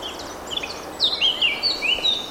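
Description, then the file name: Eurasian blackcap song: soft twittering at first, then louder fluty warbled phrases with rising and falling whistles over faint background noise. "Sylvia atricapilla"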